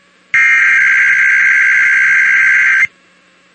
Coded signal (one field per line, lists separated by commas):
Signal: Emergency Alert System (SAME) tones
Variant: header bursts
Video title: Sacramento and IPAWS Tests (EAS #763-776) 11/4/24